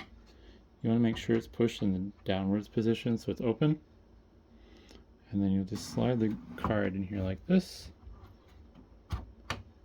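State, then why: Seated. A graphics card is slid into the PCIe slot of a Dell Precision 3630 mini tower after the blue locking tab at the back of the slot is pushed down to open it, while someone talks. After a few faint ticks, a sharp click is heard at 9.5 s as the blue locking tab snaps shut and locks the card into place, seated.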